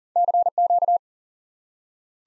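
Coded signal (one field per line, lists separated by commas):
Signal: Morse code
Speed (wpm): 40 wpm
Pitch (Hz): 700 Hz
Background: none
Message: CQ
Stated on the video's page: Morse lesson drilling the QSO element 599 as a single word for instant word recognition.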